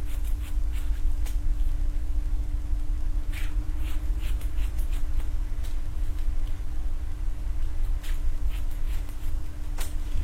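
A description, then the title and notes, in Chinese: A haircut sound effect: a steady low rumble with an even, unbroken mid hum running through the whole clip. Short, bright snips and crisp brushing sounds cut through every second or two, clustering around the middle and near the end. 3D音效 剪发。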